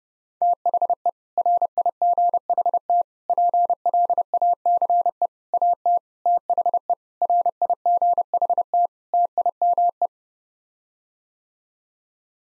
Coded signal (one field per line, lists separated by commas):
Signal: Morse code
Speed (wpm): 30 wpm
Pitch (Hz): 700 Hz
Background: none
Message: THE RIGHT PLACE AT THE RIGHT TIME